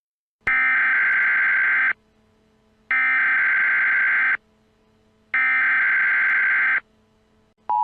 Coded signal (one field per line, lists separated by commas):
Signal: Emergency Alert System (SAME) tones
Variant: header bursts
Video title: Emergency Alert System - Teacher Alert!